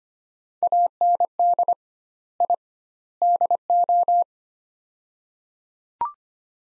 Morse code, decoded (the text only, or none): AND I DO